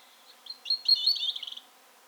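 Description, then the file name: European robin song phrase: a short burst of thin, high, tinkling notes that twist and flutter, ending in a quick series of rapid pulsed notes; otherwise quiet. "Erithacus rubecula"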